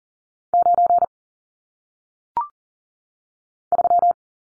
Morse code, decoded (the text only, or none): 9 3